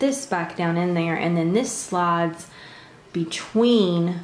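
A phone already fitted into the lower part of a plastic charging (battery) case has the top section of the case handled and slid onto it while someone talks. Nothing has seated or clicked yet; the top section is not yet home by the end of the clip.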